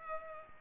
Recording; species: mosquito wingbeat signal from an infrared sensor; Culex pipiens